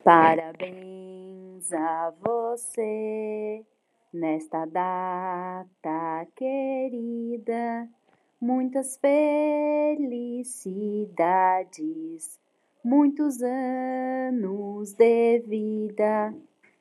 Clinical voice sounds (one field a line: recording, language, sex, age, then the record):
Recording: short text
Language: Brazilian Portuguese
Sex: female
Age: 30 to 39 years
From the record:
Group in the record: control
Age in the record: 34 years